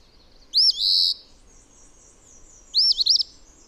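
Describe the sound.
Bird song: a high swooping whistle with a drawn-out buzzy tail, then a second phrase of rapid looping whistled notes, over a thin high note.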